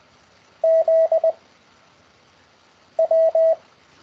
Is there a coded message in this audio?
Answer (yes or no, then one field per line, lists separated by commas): yes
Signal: Morse code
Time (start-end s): 0.6-3.5 s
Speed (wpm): 20 wpm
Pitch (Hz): 650 Hz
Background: none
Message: Z W